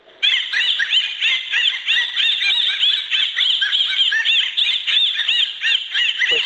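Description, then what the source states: Common bottlenose dolphin whistles, dense overlapping squealing chirps in rapid succession, gull-like and chattering, with a faint steady high tone behind them. Whistles said to recall gulls; could be mistaken for a flock of gulls.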